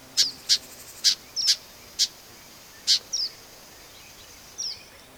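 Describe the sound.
Black-capped vireo delivering abrupt clicking notes and brief downslurred whistles, clustered at first and then more widely spaced.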